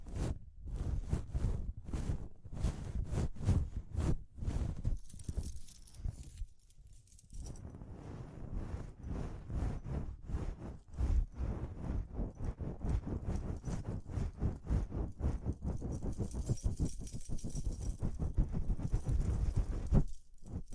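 Tapping, scratching and jingling from an ear-cleaning session. Quick, dense clicks and rattles run almost without pause, with firm strokes in the first five seconds, a brief quiet stretch near seven seconds, then steady scraping and light jingling to the end.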